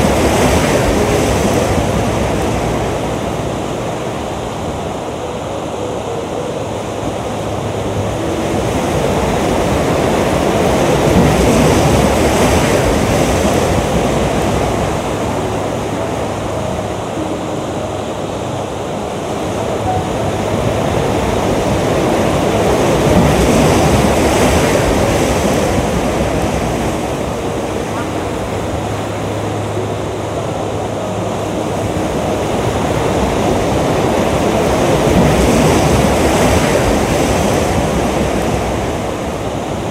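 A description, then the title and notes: Ocean waves wash in a continuous, dense rush with no breaks. The surf swells and eases in slow cycles about every twelve seconds, peaking near 11, 23 and 36 seconds. A low, steady rumble runs underneath, and the hiss stays soft rather than sharp. Relaxing Ocean Waves Sounds.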